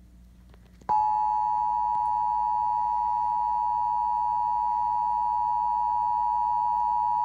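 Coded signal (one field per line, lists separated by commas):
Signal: Emergency Alert System (SAME) tones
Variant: 853 and 960 Hz attention tone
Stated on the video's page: Kansas Amber Alert System test relayed via Cox Cable.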